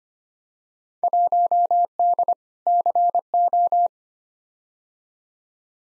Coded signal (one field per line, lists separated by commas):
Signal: Morse code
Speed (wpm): 25 wpm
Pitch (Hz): 700 Hz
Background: none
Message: 1D CO